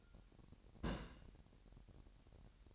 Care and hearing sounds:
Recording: daily activity, microphone in the room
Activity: place on stove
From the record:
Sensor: 2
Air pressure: 1011.9 hPa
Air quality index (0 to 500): 197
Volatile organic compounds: 3 ppm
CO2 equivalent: 1398 ppm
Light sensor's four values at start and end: 68/161/67/64 and 68/161/66/64

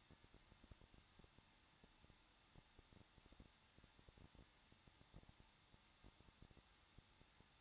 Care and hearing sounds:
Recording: daily activity, microphone in the room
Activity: no activity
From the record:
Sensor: 3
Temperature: 21.2 degrees Celsius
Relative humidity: 36.3%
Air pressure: 1006.3 hPa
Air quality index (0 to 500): 222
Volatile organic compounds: 42 ppm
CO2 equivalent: 3177 ppm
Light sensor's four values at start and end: 2/3/2/2 and 2/3/2/2

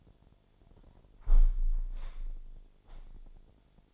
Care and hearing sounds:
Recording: daily activity, microphone in the room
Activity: close window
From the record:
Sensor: 5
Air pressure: 1006.6 hPa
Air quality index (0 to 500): 189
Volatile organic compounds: 5 ppm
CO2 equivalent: 1800 ppm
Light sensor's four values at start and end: 56/161/62/63 and 57/161/63/63

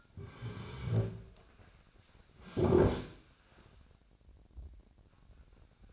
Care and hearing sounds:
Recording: daily activity, microphone in the room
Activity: sit down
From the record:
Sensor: 2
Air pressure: 1009.2 hPa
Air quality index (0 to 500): 171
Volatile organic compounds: 2 ppm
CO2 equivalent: 1251 ppm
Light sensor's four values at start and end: 31/74/34/38 and 40/107/45/49

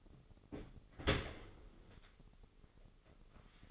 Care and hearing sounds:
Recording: daily activity, microphone in the room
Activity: open dishwasher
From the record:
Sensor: 4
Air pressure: 996.6 hPa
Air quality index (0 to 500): 87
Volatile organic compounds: 4 ppm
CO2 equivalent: 1684 ppm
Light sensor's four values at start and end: 20/53/21/23 and 20/54/21/23

